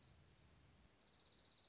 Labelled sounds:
Dark-eyed Junco (Junco hyemalis)
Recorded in Sonoma County, California

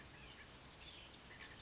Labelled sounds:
Oak Titmouse (Baeolophus inornatus)
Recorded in Sonoma County, California

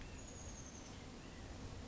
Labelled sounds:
Oak Titmouse (Baeolophus inornatus)
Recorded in Sonoma County, California

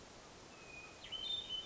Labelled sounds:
Hermit Thrush (Catharus guttatus)
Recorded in Sonoma County, California

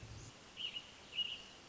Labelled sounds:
American Robin (Turdus migratorius)
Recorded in Sonoma County, California

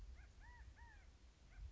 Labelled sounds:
California Quail (Callipepla californica)
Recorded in Sonoma County, California

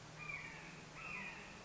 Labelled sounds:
Red-shouldered Hawk (Buteo lineatus)
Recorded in Sonoma County, California

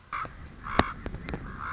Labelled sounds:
Common Raven (Corvus corax)
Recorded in Sonoma County, California

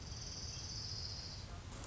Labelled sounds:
Orange-crowned Warbler (Leiothlypis celata)
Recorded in Sonoma County, California

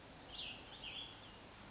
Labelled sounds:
Cassin's Vireo (Vireo cassinii)
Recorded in Sonoma County, California

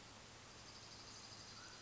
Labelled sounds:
Mountain Quail (Oreortyx pictus)
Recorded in Sonoma County, California

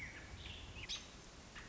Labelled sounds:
American Robin (Turdus migratorius)
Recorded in Sonoma County, California

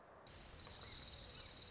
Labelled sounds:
Orange-crowned Warbler (Leiothlypis celata)
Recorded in Sonoma County, California

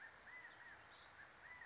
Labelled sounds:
California Quail (Callipepla californica)
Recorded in Sonoma County, California

